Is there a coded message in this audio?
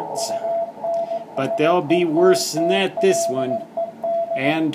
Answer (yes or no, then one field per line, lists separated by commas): yes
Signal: Morse code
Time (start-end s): 0.2-4.5 s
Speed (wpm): 18 wpm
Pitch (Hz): 670 Hz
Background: speech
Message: UNSETTLED